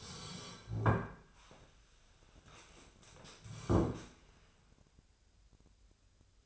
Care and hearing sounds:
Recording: daily activity, microphone in the room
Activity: sit down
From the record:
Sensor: 2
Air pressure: 1015.1 hPa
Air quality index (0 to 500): 175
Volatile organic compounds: 11 ppm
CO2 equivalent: 2276 ppm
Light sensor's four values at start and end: 10/26/10/11 and 12/33/13/14

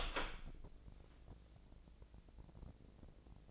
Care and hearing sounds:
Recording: daily activity, microphone in the room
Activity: open door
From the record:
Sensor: 5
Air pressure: 1012.4 hPa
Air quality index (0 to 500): 159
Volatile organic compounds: 2 ppm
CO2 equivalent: 1082 ppm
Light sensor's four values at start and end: 215/523/218/237 and 218/533/222/242

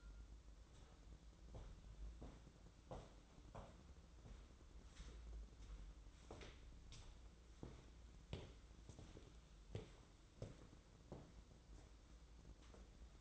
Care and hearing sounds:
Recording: daily activity, microphone in the room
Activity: walk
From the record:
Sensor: 3

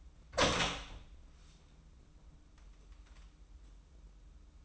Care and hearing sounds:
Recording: daily activity, microphone in the room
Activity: open door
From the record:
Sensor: 1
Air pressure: 994.4 hPa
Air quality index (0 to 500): 213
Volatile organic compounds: 1000 ppm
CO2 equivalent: 7671 ppm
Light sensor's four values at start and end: 85/191/85/92 and 85/191/86/93

